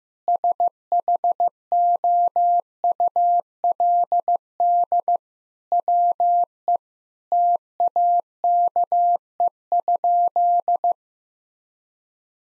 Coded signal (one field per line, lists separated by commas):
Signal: Morse code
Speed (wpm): 15 wpm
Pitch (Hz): 700 Hz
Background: none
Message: SHOULD WE TAKE?